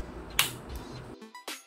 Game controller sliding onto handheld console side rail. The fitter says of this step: ini harus sampai bunyi klek ya.